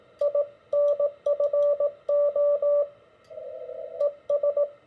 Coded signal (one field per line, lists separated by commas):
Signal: Morse code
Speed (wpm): 18 wpm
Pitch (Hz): 580 Hz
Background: radio noise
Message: INFO ES